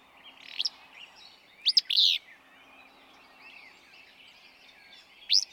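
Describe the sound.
Willow flycatcher song, abrupt rasping phrases repeated a few times over soft chattering from other birds.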